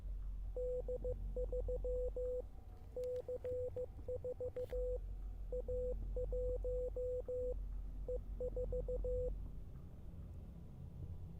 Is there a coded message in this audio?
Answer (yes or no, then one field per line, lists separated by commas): yes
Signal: Morse code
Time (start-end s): 0.6-9.3 s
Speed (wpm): 15 wpm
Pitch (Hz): 500 Hz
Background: radio noise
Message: D3 C4 A1 E4